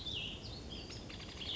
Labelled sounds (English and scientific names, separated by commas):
Western Flycatcher (Empidonax difficilis)